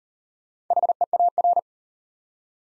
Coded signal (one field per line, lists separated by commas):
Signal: Morse code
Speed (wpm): 40 wpm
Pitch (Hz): 700 Hz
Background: none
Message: HEAR